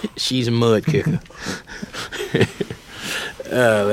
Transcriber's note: laughter